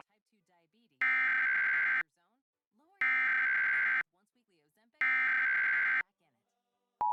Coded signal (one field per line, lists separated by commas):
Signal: Emergency Alert System (SAME) tones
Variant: header bursts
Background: speech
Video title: 8/11/21 National Emergency Alert System Test (WFAN 660 and WNBC 4)